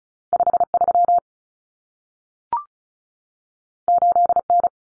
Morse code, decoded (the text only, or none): 53 8N